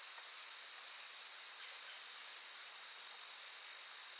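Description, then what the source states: Insects in a steady, dense high-pitched chorus, a continuous shimmering buzz with faint rapid pulsing in the second half. Forest ambience with active insects, looped.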